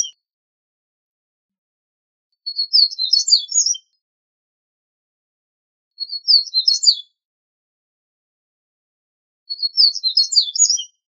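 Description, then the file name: Double-collared seedeater giving three bright, rapid twittering phrases of mixed high chirps and slurred notes, separated by pauses, after the tail of an earlier phrase. "Sporophila caerulescens"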